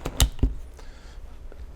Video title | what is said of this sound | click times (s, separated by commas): This Umbrella Has a Built-In Cooling System - Does it Work? | there's orange button right in there while holding it slide up until it clicks | 0.2 s